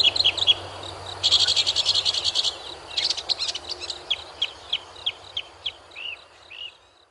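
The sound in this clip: Mockingbird song: a dense buzzy rattle, then a varied phrase and a series of clear repeated chirps about three per second that fade toward the end.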